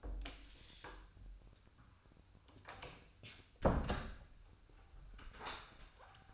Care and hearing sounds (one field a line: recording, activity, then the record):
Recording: daily activity, microphone in the room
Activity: close door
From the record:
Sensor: 2